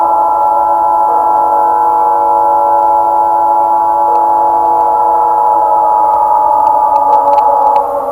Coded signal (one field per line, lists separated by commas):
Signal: Emergency Alert System (SAME) tones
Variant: 853 and 960 Hz attention tone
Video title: (VERY OLD) The Time of Ravagers (EAS Scenario)